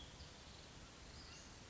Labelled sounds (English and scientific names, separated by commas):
Western Flycatcher (Empidonax difficilis)